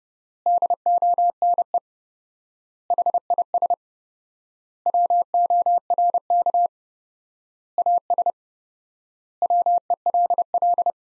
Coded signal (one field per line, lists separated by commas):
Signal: Morse code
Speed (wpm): 32 wpm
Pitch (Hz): 700 Hz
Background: none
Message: DONE HIS WORK AS WELL